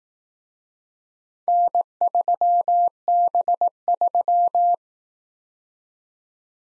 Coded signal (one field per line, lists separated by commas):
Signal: Morse code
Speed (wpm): 19 wpm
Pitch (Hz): 700 Hz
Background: none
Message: N3B3